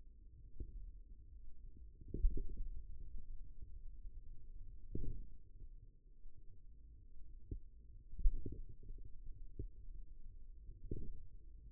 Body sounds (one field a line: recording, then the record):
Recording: forearm muscle sounds (acoustic myography)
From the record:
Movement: finger pinch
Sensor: system 2, bracelet of six BSWA MPA416 microphones around the upper forearm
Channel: 3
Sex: male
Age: 22 years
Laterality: right